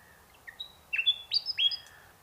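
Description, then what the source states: Bird calling with a quick series of bright, high chirps and short whistled notes over a quiet background. Unidentified bird recorded in mangroves.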